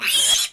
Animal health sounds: pig call; piglet (1 to 25 days)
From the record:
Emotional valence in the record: negative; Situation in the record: castration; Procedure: castration, cut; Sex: male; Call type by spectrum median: high-frequency call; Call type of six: high-frequency modulated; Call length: 0.53 s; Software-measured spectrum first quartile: 3184 Hz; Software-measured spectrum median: 4890 Hz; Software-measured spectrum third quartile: 8399 Hz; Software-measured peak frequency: 3289 Hz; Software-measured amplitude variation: 130 dB a second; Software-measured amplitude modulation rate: 21.6 a second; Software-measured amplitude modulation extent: 6.0 dB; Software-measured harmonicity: 3.7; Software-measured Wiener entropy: -2.19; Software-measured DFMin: 862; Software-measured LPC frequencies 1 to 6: 1733, 2633, 3262, 3888, 5204, 6337 Hz

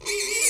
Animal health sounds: pig call; weaner (32 to 43 days)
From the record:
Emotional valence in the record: negative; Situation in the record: short isolation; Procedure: open field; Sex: female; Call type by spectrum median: high-frequency call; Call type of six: high-frequency stable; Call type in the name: high-frequency stable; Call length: 0.50 s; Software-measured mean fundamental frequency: 454 Hz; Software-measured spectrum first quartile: 2269 Hz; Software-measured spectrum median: 5463 Hz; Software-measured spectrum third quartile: 8230 Hz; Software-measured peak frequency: 2375 Hz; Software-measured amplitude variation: 107 dB a second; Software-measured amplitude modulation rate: 20.8 a second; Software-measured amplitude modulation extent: 5.2 dB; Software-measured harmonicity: 4.1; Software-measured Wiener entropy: -1.96

